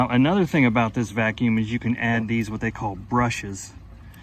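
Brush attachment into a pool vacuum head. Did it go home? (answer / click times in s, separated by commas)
no / none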